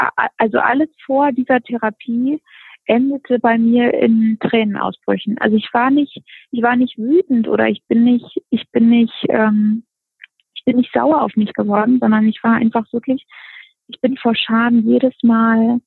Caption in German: Spricht im Interview wie sie im Beruf mit dem Stottern umgeht, wie ihre Schulzeit war und was ihr geholfen hat um flüssiger zu sprechen.